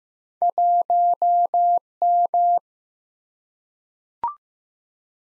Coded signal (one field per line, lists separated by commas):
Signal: Morse code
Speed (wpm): 16 wpm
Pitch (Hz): 700 Hz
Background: none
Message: 1M